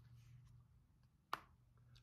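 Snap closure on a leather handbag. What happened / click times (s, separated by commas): The snap fastener closed fully / 1.3 s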